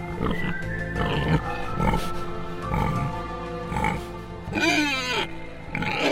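A pig grunts in short, rough bursts about once a second, then lets out a higher, wavering squeal-like oink near the end, over a steady droning background.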